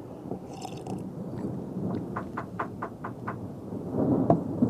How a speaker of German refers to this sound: Es ist also durchaus erforderlich, dass nun ein kräftiges Gewitter losbricht.